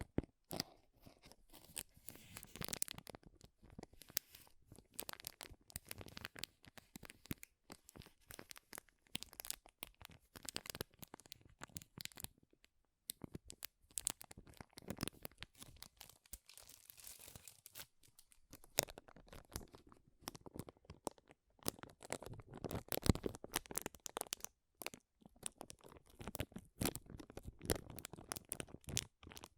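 Loud crinkling of plastic or paper runs through the whole thirty seconds, a dense stream of sharp, bright crackles and snaps. Some stretches are packed and busier, others thin out briefly, with short near-silent gaps around fourteen and nineteen seconds.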